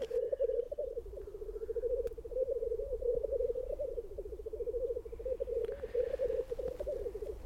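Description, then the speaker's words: Black grouse lek song: a steady, low bubbling, rolling coo that runs on without a break. Its pulses swell and fade, with faint clicks and low rumble behind. Males singing at a lek, possibly the last black grouse lek in the Netherlands, likened a bit to a turkey. They raise their tails, jump at and strike each other to court females, hoping to breed this year. "Misschien is dit wel de laatste balts van de korhoenders in Nederland, hè."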